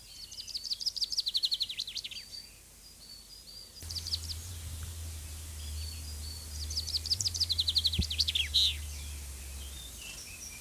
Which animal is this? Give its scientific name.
Fringilla coelebs